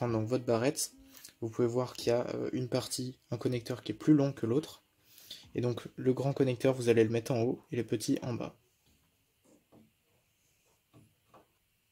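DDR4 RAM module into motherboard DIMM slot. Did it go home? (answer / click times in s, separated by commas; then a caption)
no / none. Someone talks for about 8.5 seconds while a G.Skill Trident Z Neo DDR4 RAM module (16GB, 3600MHz, C16) is oriented by its notch and lowered into a motherboard DIMM slot, before being pressed home. Only a few faint handling sounds follow, the last a brief tick at 11.3 s. Nothing has seated or clicked yet.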